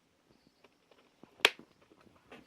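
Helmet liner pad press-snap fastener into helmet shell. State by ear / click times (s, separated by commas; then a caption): seated / 1.4 s. A helmet's back liner pad press-snap fastener is pressed into the helmet shell after the mic cable is tucked behind the pad. Faint scattered ticks and rustles lead up to one loud, sharp, bright snap at 1.5 s, followed by a few soft handling sounds. The fastener clicks home and is seated.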